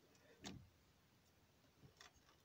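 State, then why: Not seated. While refitting the vacuum pump on a 2.2 HDI engine of a Citroen C6, C5 or 407, a plastic vacuum hose quick-connector is handled and pushed toward its fitting on the pump, making short sharp handling knocks around 0.5 s and 2.0 s. Nothing has clicked or seated yet; the connector is not yet home.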